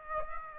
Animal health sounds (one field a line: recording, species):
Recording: mosquito wingbeat signal from an infrared sensor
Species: Aedes aegypti